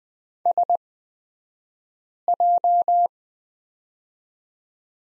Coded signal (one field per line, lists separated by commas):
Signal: Morse code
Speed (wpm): 20 wpm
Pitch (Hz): 700 Hz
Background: none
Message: SJ